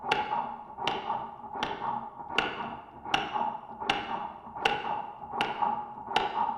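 Simulated heartbeat from a heart simulator device: sharp, regular tapping beats at about 79 per minute, each with a bright click over a steady mid-pitched hum.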